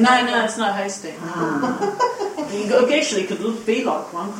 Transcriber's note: laughter